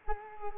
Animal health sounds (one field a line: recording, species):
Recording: mosquito wingbeat signal from an infrared sensor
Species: Culex quinquefasciatus